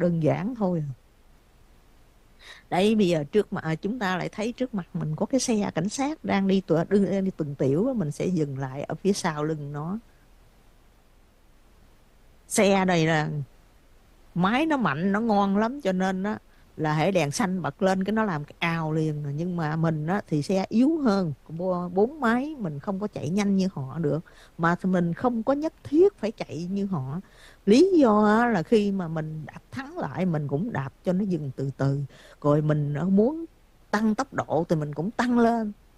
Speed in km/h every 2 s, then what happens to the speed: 0, 0, 0, 0, 0, 0, 0, 0, 0, 0, 0, 0, 0, 0, 0, 0, 0, 0.
0-36 standing.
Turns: none.